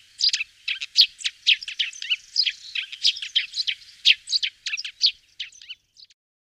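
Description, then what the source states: Bird song of quick, high chirping and twittering notes in a lively jumbled run for about five seconds, tapering off into a few last chips; no other sounds. Bird voice used as a round-one item in a 2010 Russian school biology quiz.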